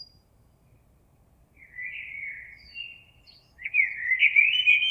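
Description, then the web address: Common blackbird, two mellow fluting song phrases separated by a short pause, the second louder and more warbled; light low background hum. Recorded on 26 April 2022. "oiseaux Merle 2022 04 26"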